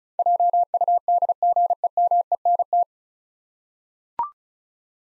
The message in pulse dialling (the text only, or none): none